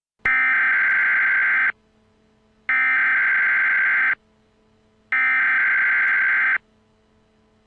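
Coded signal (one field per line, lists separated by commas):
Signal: Emergency Alert System (SAME) tones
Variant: header bursts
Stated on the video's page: Simulated EAS scenario.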